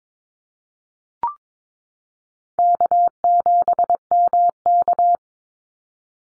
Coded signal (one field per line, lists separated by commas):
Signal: Morse code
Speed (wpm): 22 wpm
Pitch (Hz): 700 Hz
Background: none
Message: K7MK